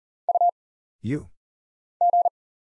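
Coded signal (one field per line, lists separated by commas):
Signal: Morse code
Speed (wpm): 38 wpm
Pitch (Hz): 700 Hz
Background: none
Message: U G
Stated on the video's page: Single characters (letters, numbers, punctuation, prosigns) at 40 wpm as an instant character recognition drill; each is sent, spoken, then sent again.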